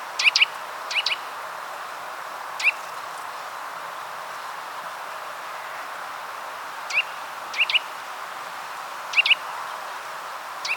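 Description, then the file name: Eurasian nuthatch call notes, sharp and rising, in a few scattered doubled bursts separated by long quiet gaps, with background hiss. "Sitta europaea"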